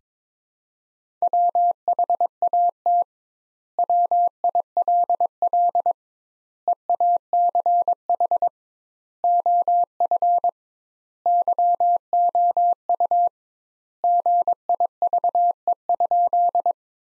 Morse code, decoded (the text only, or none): WHAT WILL EACH OF YOU GIVE?